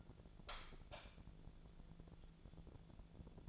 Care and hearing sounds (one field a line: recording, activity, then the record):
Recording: daily activity, microphone in the room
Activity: light on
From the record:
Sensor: 5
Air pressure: 1000.1 hPa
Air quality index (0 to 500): 99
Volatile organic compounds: 1 ppm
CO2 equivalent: 807 ppm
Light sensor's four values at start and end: 220/523/223/247 and 216/517/220/244